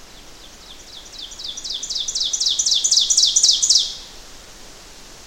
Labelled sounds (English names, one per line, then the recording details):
Ovenbird song
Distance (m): 15 m
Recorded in boreal forest in Alberta, Canada, on 12 June 2016 at 07:01
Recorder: SongMeter 3, array SBT-3-18
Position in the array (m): 246 m, 97 m
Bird 31